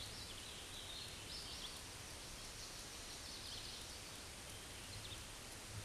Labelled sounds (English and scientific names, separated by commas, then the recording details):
Hooded Warbler (Setophaga citrina) song
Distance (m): 80 m
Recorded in a Pennsylvania forest on 18 May 2023 at 10:59
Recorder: AudioMoth, point grid1_30_low
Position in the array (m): 231 m, 142 m